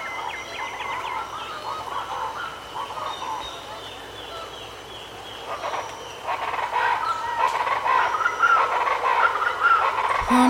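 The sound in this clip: Wedge-capped capuchin calls, overlapping chattering and squealing notes that grow louder and denser in the second half, over a steady high insect drone.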